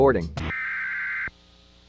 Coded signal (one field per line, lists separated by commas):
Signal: Emergency Alert System (SAME) tones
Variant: header bursts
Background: speech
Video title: LOGO HISTORY #501 - Xerox, Sky Uno, Sky TG24 & Emergency Alert System